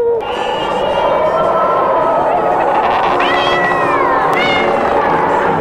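cat meowing

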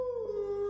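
wolf howling

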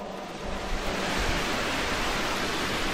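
rain falling

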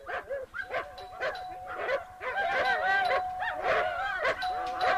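large wolfdogs barking fiercely

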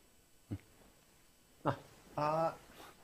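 dog whimpering

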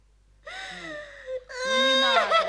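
child crying and sobbing

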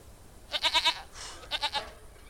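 goat bleating

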